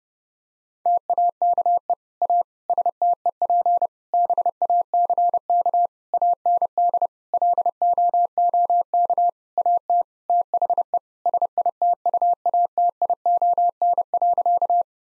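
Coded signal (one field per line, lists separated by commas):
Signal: Morse code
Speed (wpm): 30 wpm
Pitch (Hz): 700 Hz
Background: none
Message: TAKE A STEP BACK AND LOOK AT THE SITUATION.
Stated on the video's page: Morse practice at 30 wpm: sentences of common eight-word phrases, sent, spoken, then sent again, for head-copy training.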